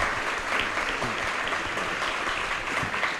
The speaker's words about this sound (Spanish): Bueno, le vamos a dar también un aplauso porque se lo merece.